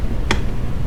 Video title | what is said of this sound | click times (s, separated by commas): How to mount an AEM gauge in your chrysler 300 srt8 | this snaps right in now | 0.3 s